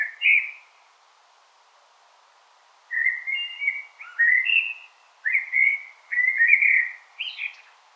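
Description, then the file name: Common blackbird delivering a varied song of rich whistled notes, first a short phrase, then a long run of mellow fluty motifs closing with a twittering flourish. "Turdus merula"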